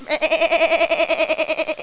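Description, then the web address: Sheep bleating, one long wavering bleat with a rapid regular tremolo throughout, holding steady for nearly two seconds. "sonidos oveja largo"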